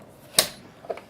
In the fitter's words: get like that nice clicking response too to let you know that it's in and I can just continue on to the next one here cool